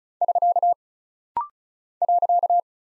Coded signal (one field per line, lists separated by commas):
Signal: Morse code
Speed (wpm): 36 wpm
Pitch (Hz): 700 Hz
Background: none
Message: <SK> .